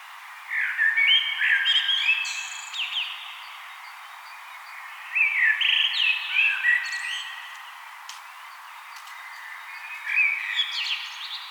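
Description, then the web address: Common blackbird song: several melodious whistled phrases with squeaky high flourishes, delivered in bursts a few seconds apart over a quiet background. "SETE Turdus merula"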